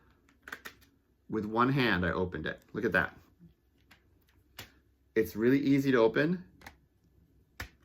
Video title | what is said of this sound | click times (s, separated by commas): My review of Comic Capsule and Comic Cape | as you hear it makes a clicking noise that lets you know it's clicked into place and it will keep your comic book safe | 7.6 s